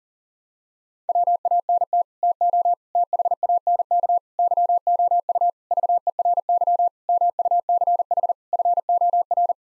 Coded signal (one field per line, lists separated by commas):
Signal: Morse code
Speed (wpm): 40 wpm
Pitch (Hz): 700 Hz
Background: none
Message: WANT TO THANK YOU VERY MUCH FOR